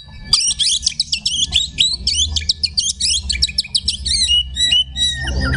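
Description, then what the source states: Oriental magpie-robin song: a fast run of sharp, repeated chattering notes in quick succession, ending in a few longer whistles over a low background hum. Song style called tembakan ngekek.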